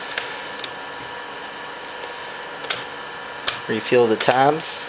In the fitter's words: and this just basically snaps back in just put a little bit of pressure